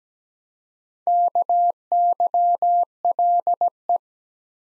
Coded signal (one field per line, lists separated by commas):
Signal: Morse code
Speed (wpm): 17 wpm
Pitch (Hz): 700 Hz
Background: none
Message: KYLE